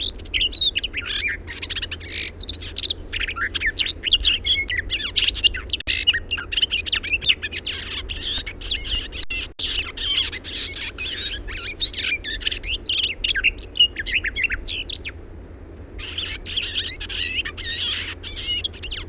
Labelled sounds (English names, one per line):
Garden Warbler song